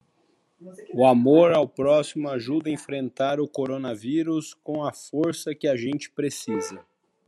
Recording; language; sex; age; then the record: spoken sentence; Brazilian Portuguese; male; 40 to 49 years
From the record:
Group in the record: control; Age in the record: 42 years